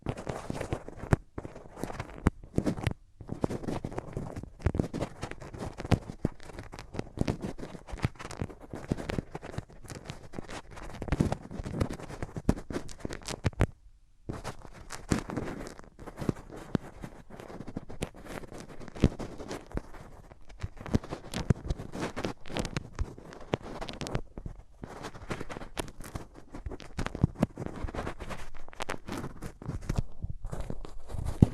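Close-up rubbing of hands over the ears, a dense, crackling friction that runs almost without pause. Quick scratchy strokes pile up in an uneven rhythm, briefly cutting out for a near-silent gap around fourteen seconds before resuming at the same busy pace.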